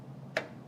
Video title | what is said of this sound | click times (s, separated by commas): $4100 ModMonday PC Build with Dish – Giveaways + NZXT H710i (12900k / EVGA RTX 3080Ti FTW3) | OH, THAT SOUNDS GOOD. THAT'S a good sign. If it clicked in, you're good. | 0.4 s